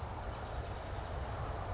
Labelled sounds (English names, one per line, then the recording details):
Anna's Hummingbird
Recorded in Sonoma County, California